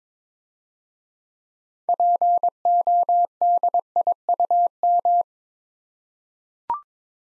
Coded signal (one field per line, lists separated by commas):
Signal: Morse code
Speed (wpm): 22 wpm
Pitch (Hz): 700 Hz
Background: none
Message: PODIUM